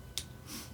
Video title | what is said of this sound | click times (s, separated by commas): Unboxing: Majorette - Japan Series Deluxe | here we go snaps right in there fits the front end just fine looks good nice nice | 0.2 s